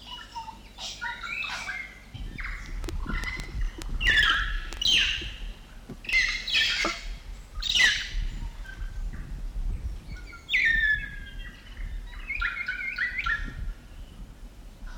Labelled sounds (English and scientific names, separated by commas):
Kākā (Nestor meridionalis)